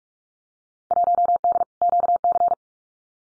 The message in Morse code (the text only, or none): 1D QC